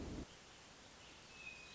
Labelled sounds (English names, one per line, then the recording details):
Hermit Thrush
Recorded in Sonoma County, California